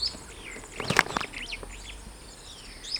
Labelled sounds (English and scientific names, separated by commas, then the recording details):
Superb Starling (Lamprotornis superbus) flight call
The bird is a male
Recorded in Kenya on 28 May 2010
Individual 59, of group MRC1